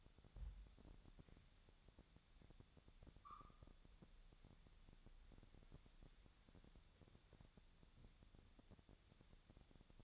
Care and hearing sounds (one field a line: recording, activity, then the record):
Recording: daily activity, microphone in the room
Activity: wipe stove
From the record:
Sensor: 3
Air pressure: 1007.0 hPa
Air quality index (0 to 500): 204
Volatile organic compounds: 18 ppm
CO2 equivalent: 2612 ppm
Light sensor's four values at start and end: 11/27/11/11 and 11/26/11/11